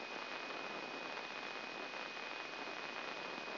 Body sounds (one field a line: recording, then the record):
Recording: brain microelectrode recording played as sound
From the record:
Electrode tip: inside the subthalamic nucleus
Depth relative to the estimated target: 0 mm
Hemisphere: right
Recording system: AlphaMap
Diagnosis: Parkinson's disease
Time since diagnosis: 16 years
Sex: male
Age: 60 years